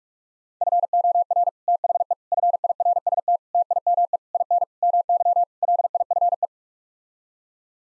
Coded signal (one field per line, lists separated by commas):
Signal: Morse code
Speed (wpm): 41 wpm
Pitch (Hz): 700 Hz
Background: none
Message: FOR THE FIRST TIME IN MY LIFE